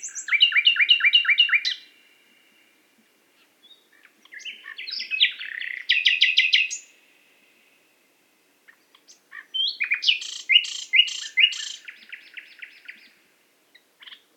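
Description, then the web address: Nightingale song: fast repeated chuckling notes, then a pause and a richer phrase of stuttering trills, another gap, and a final run of rapid rattled notes. Qatar. "qatar birds presentation extracts nightingale"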